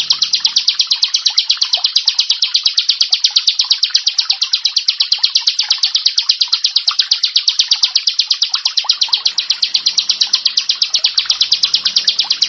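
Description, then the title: Prinia, a sustained stream of sharp, high repeated notes, several each second, with a soft low hum at times. "Ciblek Sawah"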